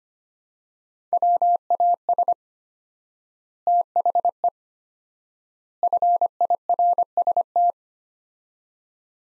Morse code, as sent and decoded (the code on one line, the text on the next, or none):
.-- .- ... / - .... . / ..-. .. .-. ... -
WAS THE FIRST